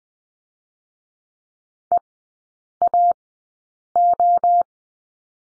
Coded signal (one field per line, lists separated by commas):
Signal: Morse code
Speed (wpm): 20 wpm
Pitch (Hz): 700 Hz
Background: none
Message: EAO